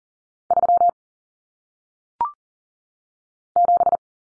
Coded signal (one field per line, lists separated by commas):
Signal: Morse code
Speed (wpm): 40 wpm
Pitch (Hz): 700 Hz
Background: none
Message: 3 7